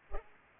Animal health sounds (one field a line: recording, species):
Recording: mosquito wingbeat signal from an infrared sensor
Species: Culex pipiens